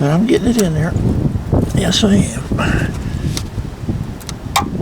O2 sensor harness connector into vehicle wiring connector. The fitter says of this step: Okay, it snapped in. You heard that, hopefully.